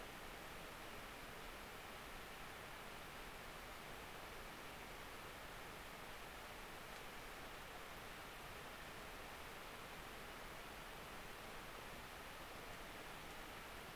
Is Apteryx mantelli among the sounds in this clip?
no